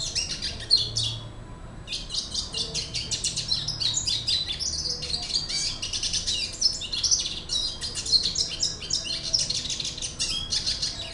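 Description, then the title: Red siskin singing a long warble of high, squeaky twitters and buzzy trills, delivered at a rapid, restless pace. "Pavanegra. cardenalito cantando"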